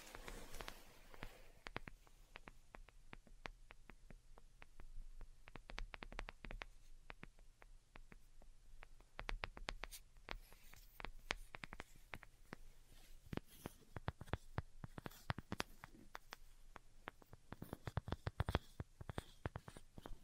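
Delicate tapping: light, crisp taps come in irregular clusters, sometimes quick flurries and sometimes sparse single hits. The taps grow denser and a little louder after about thirteen seconds. A faint low hum sits steadily underneath throughout.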